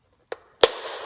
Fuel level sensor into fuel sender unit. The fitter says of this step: don't worry I don't think it will crack when you're installing it it snaps into place